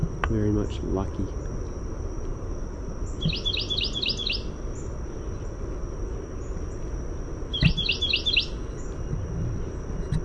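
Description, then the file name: Carolina wren singing twice, each song a quick run of about four repeated rolling phrases, songs roughly four seconds apart, over a constant high whine and low background noise. "CARW song"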